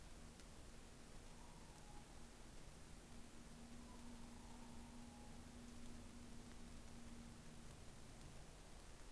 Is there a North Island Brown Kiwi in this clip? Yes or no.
no